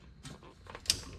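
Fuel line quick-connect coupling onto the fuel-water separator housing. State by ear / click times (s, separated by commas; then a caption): seated / 0.9 s. Working under a truck, a fuel line quick-connect fitting is pushed onto the fuel-water separator housing, with a few faint scrapes and taps before a single sharp, loud click at 0.9 s. The quick-connect clicks home and is seated.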